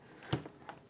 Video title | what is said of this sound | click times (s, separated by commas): Dasaita 10.2 Android Head unit Wireless CarPlay & WiFi & more - Toyota Tacoma in DEPTH Installation! | it clicks in all the way after that you're going to locate the antenna harness | 0.3 s